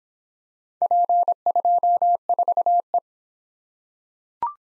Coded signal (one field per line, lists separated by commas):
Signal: Morse code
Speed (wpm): 25 wpm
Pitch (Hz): 700 Hz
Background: none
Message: P24E